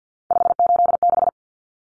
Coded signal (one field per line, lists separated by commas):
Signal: Morse code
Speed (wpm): 50 wpm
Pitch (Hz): 700 Hz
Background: none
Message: 586